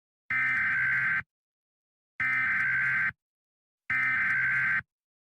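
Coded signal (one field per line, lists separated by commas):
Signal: Emergency Alert System (SAME) tones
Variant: header bursts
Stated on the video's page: Real tornado watch and warning EAS alerts recorded in Mississippi, with outdoor storm sirens also sounding.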